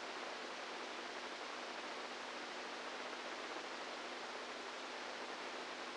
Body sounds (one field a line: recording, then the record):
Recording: brain microelectrode recording played as sound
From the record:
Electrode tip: inside the subthalamic nucleus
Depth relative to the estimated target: -4 mm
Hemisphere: right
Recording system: NeuroSet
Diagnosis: Parkinson's disease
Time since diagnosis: 10 years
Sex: female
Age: 67 years